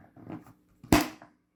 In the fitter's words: clicks into place